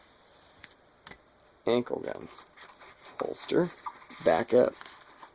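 A compact pistol is handled near an ankle/backup holster with retention, producing a few faint sharp ticks early on before someone talks through the rest of the clip. The pistol has not yet snapped into the holster; nothing has seated or clicked yet.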